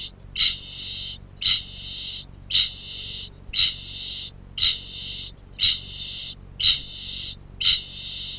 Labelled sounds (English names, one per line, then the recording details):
Kākāpō ching call
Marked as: faintness 1/5
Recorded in New Zealand
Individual Piripi